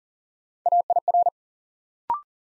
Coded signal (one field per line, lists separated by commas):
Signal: Morse code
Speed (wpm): 40 wpm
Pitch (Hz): 700 Hz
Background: none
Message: AIR